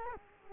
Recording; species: mosquito wingbeat signal from an infrared sensor; Culex quinquefasciatus